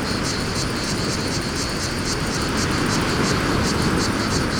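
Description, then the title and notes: Cicadas give a throbbing high buzz, partly masked by heavy low roaring wind. Cicadas in a pine wood during mistral wind, Fontvieille, France; two microphones with DIY windscreens, DAT cassette recorder. "Fontvieille, France - Mistral et cigales. Le Mistral dans la pinède les cigales et insectes au sol , quelques bruits de circulation"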